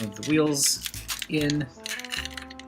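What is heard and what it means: Someone talks while handling a plastic wheel part, moving it toward its slot in the body of a transforming robot toy. Only soft handling noises sit under the speech, and the wheels have not seated or clicked into place yet.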